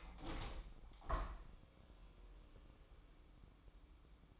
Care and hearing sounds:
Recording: daily activity, microphone in the room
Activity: open window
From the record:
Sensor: 1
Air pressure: 1000.5 hPa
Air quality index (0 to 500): 184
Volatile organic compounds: 4 ppm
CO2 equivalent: 1694 ppm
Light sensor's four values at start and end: 10/24/10/11 and 10/25/10/12

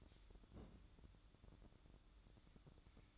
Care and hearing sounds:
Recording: daily activity, microphone in the room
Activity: place on stove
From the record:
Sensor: 3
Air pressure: 1008.1 hPa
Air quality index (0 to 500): 131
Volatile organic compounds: 2 ppm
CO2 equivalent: 1082 ppm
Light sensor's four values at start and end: 8/19/8/7 and 8/20/8/7

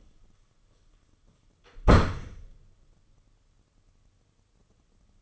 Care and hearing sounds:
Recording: daily activity, microphone in the room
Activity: close door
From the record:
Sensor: 4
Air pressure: 995.2 hPa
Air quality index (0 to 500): 186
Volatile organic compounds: 103 ppm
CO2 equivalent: 3776 ppm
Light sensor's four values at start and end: 19/50/19/22 and 6/14/5/6

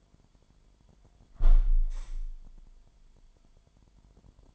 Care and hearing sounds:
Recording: daily activity, microphone in the room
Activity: close window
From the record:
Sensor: 5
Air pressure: 998.7 hPa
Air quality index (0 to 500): 104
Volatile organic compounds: 2 ppm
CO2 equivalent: 1206 ppm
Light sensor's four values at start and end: 55/138/57/65 and 55/137/56/64

